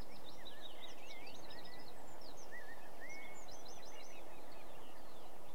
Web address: The BBC Sound Effects Library - Complete 60 CDs Collection Sound Effects Library (British Birds) Sedge Warbler